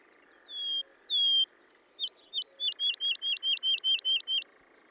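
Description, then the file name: Woodlark gives two drawn-out whistles, then a quick run of many repeated notes, with a soft low note sounding now and then. "British Library - ZHavoronok Lesnoj"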